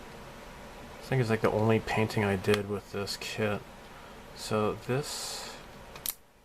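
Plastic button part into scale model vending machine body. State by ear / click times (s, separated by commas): partly seated / 6.1 s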